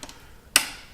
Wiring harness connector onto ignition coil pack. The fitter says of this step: plug it back in until I get a good click